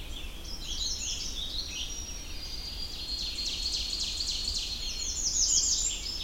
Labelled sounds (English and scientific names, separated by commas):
Ovenbird (Seiurus aurocapilla) song